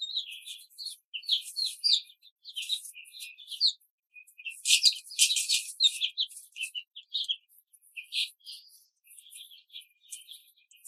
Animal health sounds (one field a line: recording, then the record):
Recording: young laying hens in a cage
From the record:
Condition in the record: control cage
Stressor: none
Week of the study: 5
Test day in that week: 1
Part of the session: 4